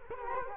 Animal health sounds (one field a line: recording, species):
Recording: mosquito wingbeat signal from an infrared sensor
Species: Culex quinquefasciatus